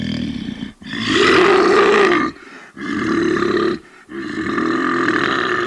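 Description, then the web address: Bear voicing four long, harsh roars separated by short pauses, each with a strong rasping tone. "zvuky medved"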